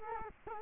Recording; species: mosquito wingbeat signal from an infrared sensor; Culex quinquefasciatus